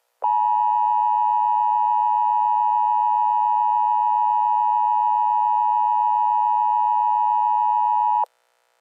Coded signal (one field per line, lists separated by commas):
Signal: Emergency Alert System (SAME) tones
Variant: 853 and 960 Hz attention tone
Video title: EAS Scenario #1: The Android Uprise!!